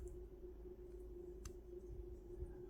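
The plastic top of a skull accessory from the G.I. Joe Classified No. 43 Dr. Mindbender deluxe action figure is popped onto the skull over the small brain piece, which shows through an opening in the top. A steady low hum runs throughout, and a single sharp, short snap sounds at 1.5 s. The top goes on and fits okay but does not sit flush.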